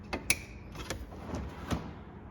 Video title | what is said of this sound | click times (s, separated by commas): How To Remove / Replace Headlight Assembly On A 2011-2013 Jeep Grand Cherokee | Hear that snap? That's good. | 0.3 s